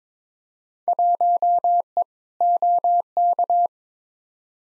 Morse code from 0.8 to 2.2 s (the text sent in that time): 1E